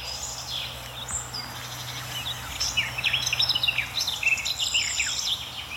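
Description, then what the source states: Garden Warbler song, a rapid, varied warbling stream of short notes, building in the second half over a steady low hum. Singing at the edge of an anthill in a shallow hollow with a hornbeam, in warm golden sunlight; song pleasantly babbling, staying at a fairly constant pitch within a certain range.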